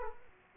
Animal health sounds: mosquito wingbeat signal from an infrared sensor; Aedes aegypti

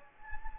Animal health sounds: mosquito wingbeat signal from an infrared sensor; Anopheles gambiae

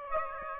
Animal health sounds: mosquito wingbeat signal from an infrared sensor; Aedes aegypti

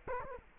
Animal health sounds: mosquito wingbeat signal from an infrared sensor; Culex quinquefasciatus

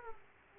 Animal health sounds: mosquito wingbeat signal from an infrared sensor; Aedes aegypti

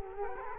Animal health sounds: mosquito wingbeat signal from an infrared sensor; Culex quinquefasciatus

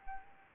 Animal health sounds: mosquito wingbeat signal from an infrared sensor; Anopheles arabiensis

